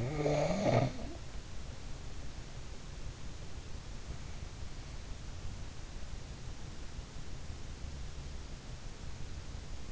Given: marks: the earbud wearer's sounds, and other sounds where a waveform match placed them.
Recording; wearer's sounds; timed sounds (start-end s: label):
sounds in sleep by an in-ear microphone; snoring breath
0.00-1.14 s: snoring breath